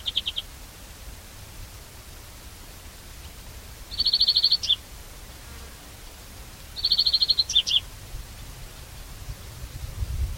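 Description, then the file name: European greenfinch calls: two clear rapid trilled series a few seconds apart, each ending in a couple of sharp notes, after a short opening burst. "Chloris chloris"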